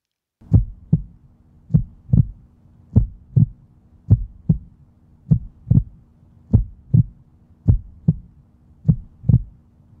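Steady, deep lub-dub thumps in clear pairs, about 50 beats a minute, with a faint low hum between beats. A slow heartbeat.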